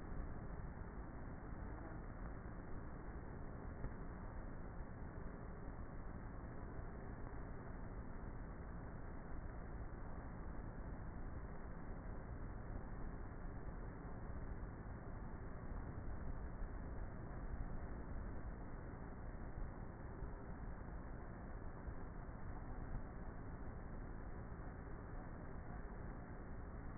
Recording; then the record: honeybee colony, microphone inside the hive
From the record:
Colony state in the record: queenless with a low population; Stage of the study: before two queens were removed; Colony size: about 30,000 bees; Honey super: no